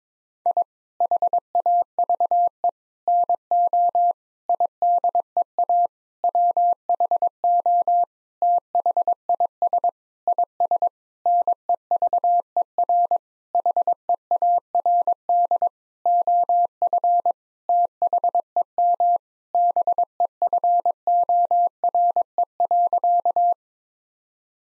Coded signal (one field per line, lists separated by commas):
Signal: Morse code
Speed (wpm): 22 wpm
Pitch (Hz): 700 Hz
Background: none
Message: I HAVE NO IDEA WHO THIS IS NEVER HEARD OF THEM BEFORE.